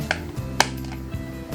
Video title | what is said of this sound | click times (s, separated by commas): MAINAN MURAH!!! DC MATTEL GREEN LANTERN'S BATTLE SUIT TOYS 4 INCH 10 CM 1/18 SCALE | pastikan bunyi klik dan | 0.1 s, 0.6 s